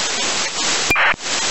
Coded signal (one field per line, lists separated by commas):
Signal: ACARS aircraft data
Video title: SDR VHF ACARS 131. 25MHz 受信結果